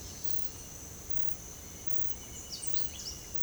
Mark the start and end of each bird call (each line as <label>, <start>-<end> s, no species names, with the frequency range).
bird call (1.7-9.6 kHz), 2.29-3.19 s